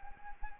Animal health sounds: mosquito wingbeat signal from an infrared sensor; Anopheles arabiensis

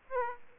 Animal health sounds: mosquito wingbeat signal from an infrared sensor; Aedes aegypti

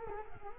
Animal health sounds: mosquito wingbeat signal from an infrared sensor; Culex quinquefasciatus

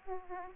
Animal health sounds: mosquito wingbeat signal from an infrared sensor; Aedes aegypti

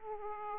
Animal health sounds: mosquito wingbeat signal from an infrared sensor; Aedes aegypti

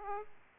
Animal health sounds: mosquito wingbeat signal from an infrared sensor; Aedes aegypti

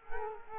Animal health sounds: mosquito wingbeat signal from an infrared sensor; Culex quinquefasciatus

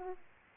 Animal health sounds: mosquito wingbeat signal from an infrared sensor; Aedes aegypti

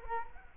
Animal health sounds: mosquito wingbeat signal from an infrared sensor; Culex quinquefasciatus

